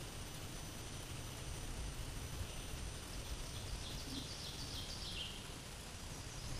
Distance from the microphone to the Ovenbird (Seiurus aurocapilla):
about 75 m